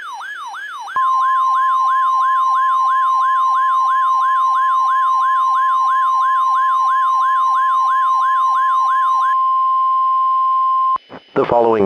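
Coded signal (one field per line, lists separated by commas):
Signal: Emergency Alert System (SAME) tones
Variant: 1050 Hz attention tone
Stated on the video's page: Fictional EAS scenario alert.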